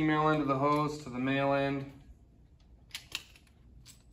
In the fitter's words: lock it in place it's good to go test it then we can take